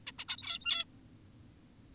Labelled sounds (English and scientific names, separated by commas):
Zebra Finch (Taeniopygia guttata)